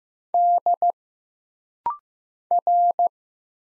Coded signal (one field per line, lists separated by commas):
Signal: Morse code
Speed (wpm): 15 wpm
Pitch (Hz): 700 Hz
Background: none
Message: D R